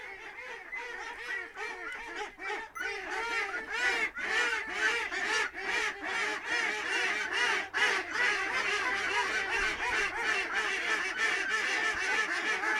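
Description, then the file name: Ducks quacking in a dense crowd, harsh overlapping quacks tumbling over one another continuously, growing busier after the first few seconds. Ducks recorded at Lunel. "canards lunel"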